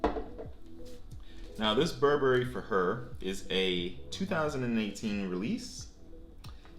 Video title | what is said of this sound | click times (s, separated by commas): Baccarat Rouge 540 and Friends | and the cap clicks into place you got a gold atomizer | 0.0 s